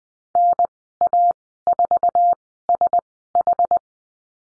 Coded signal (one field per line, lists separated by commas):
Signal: Morse code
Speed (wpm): 20 wpm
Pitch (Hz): 700 Hz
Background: none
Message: NA4SH